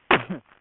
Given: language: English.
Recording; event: throat vibration sensor signal played as sound; cough